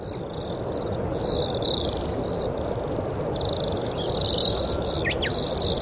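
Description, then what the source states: Pacific swift: shrill buzzy screams in rippling bursts, with a few short sharp notes near the end, over a continuous low hiss. Recorded in Taiwan.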